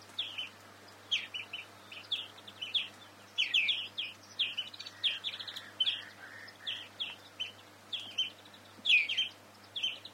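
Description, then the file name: European greenfinch calls: many short chirping notes repeated at somewhat irregular intervals, with a faint background hum. "Chloris chloris"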